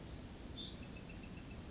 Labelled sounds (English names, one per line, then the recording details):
Bewick's Wren
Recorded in Sonoma County, California